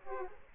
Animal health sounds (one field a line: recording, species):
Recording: mosquito wingbeat signal from an infrared sensor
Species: Aedes aegypti